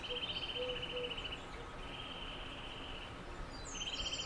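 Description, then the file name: Eurasian nuthatch in three bursts of rapid, evenly repeated piping notes forming a trill, with soft lower notes early on and thin high chirps at the end over steady background hiss. "Sitta europaea"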